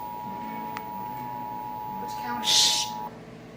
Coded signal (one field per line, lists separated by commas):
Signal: Emergency Alert System (SAME) tones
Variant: 853 and 960 Hz attention tone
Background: speech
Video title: EAS Capture | Child Abduction Emergency | 8/22/2019